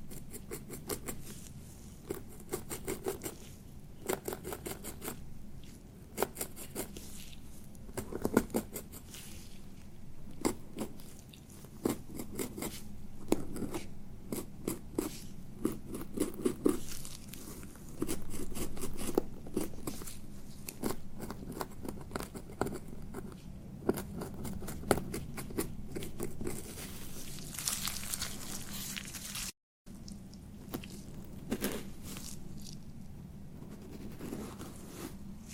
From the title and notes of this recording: ASMR Relaxing Beard Treatment [NO TALKING].